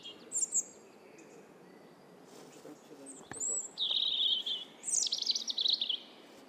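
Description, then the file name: European robin singing: a few scattered high chips, then a sustained thin trill and a tumbling, warbled phrase of rapid high notes over faint steady background noise. "Erithacus rubecula"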